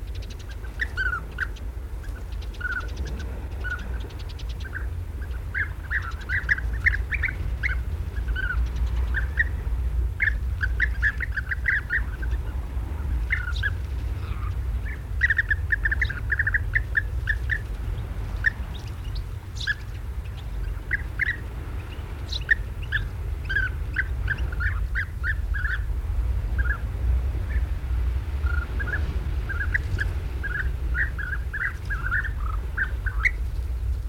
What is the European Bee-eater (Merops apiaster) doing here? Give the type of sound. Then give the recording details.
call. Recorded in the wild. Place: Balcik, Varna, BG. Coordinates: 43.427, 28.162. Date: 1974-06-07. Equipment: Nagra III BH, Sennheiser MD 21, parabola. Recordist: Schubert, Michael